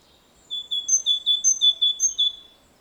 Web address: SETE data Parus major